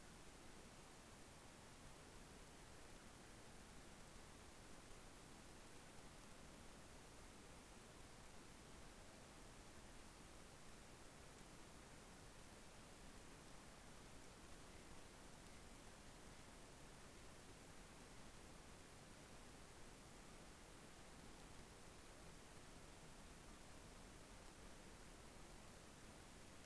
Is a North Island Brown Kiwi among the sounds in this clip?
no